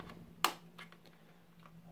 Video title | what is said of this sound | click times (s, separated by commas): Neato Botvac 85 Bumper sensor And Brush replacement | and it should click in place like that, and that's back in. | 0.5 s